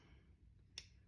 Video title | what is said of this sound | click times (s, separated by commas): The Process of Making Snails from Forks | See how it just clicked right in? | 0.8 s